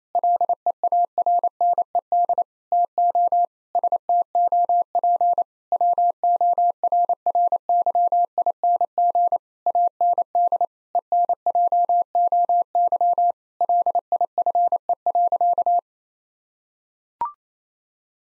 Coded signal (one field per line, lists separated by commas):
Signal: Morse code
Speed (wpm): 28 wpm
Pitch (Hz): 700 Hz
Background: none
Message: LEARNED TO STOP WORRYING AND ENJOY LIFE.